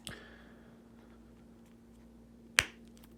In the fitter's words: there we go, it just clicks right into place.